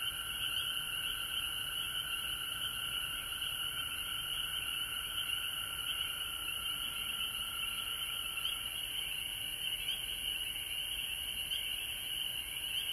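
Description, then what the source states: Frogs in full chorus, an even, unbroken high trilling hum, with a few faint clicks heard now and then. Frogs recorded at home in Georgia on March 19, 2020.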